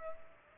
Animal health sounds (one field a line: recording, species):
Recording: mosquito wingbeat signal from an infrared sensor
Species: Culex pipiens